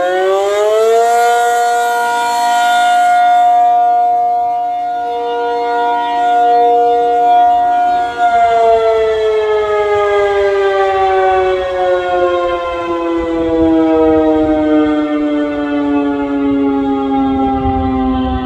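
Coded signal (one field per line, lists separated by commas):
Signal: siren signal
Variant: ACA P-50 siren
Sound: outdoor siren winds up, holds a steady tone, then slowly winds down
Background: outdoor ambience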